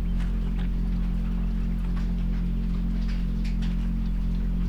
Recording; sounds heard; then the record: poultry house recording; sick chickens (respiratory disease)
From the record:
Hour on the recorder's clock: 2